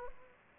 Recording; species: mosquito wingbeat signal from an infrared sensor; Aedes aegypti